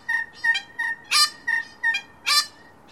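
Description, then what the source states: Red Wattlebird calls: short nasal two-toned notes broken by two loud, harsh, grating bursts, about seven calls in three seconds. Loud, distinctive call of harsh, grating and melodious notes, often repeated in a pattern to establish and defend territories; recorded at Merry Creek, Melbourne, Australia.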